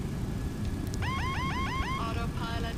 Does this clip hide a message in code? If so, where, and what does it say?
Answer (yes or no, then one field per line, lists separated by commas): no